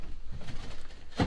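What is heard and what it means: A roof window sash is handled and brought back toward its frame during installation, with soft low rumbling handling noise and a brief, louder broadband burst near 1.2 s at the end. The sash latch has not clicked or locked into the window frame yet, so nothing has seated.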